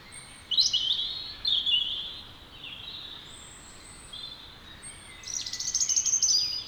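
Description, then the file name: European robin song: loud, high warbled phrases, then quieter high notes, then a rapid trilling burst at the close, over steady background hiss. "Erithacus rubecula"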